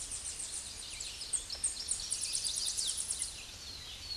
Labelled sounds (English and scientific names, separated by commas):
Tennessee Warbler (Leiothlypis peregrina) song